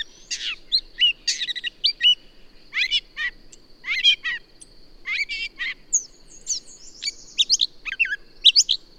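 Bird song of chirping bursts and short trills separated by brief pauses, with whistled sweeps later, over a steady high hiss.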